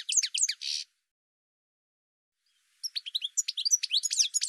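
Bird song, a quick burst of high chirps with a buzzy note, a two-second pause, then a fast run of sweeping chirps.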